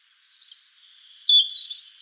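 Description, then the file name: European robin song: a brief fragment with a long thin high whistle followed by quick lower warbling notes. "Erithacus rubecula"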